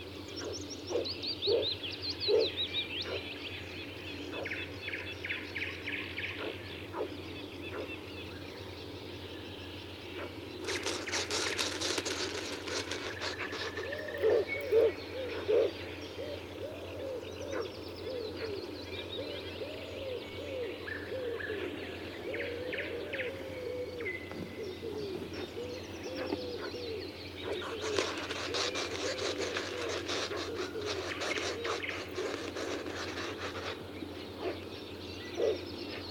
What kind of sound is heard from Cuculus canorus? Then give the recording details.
call. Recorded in the wild. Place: Blankensee, Mecklenburg-Vorpommern, DE. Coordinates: 53.404, 13.221. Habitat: Lake. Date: 1982-05-26 05:30. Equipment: Nagra III BH, Sennheiser MD 21, parabola. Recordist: Schubert, Michael. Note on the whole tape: Zwei Kuckucke streiten sich und fauchen